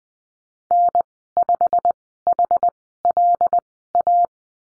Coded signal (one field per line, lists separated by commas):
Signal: Morse code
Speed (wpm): 20 wpm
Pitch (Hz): 700 Hz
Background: none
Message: N5HLA